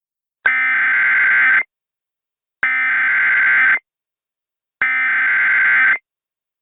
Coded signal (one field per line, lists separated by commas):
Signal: Emergency Alert System (SAME) tones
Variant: header bursts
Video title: EAS Scenario:The Grinch